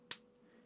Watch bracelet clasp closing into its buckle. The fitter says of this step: So it clicks into place.